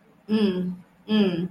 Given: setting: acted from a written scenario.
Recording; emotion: vocal sound without words; neutral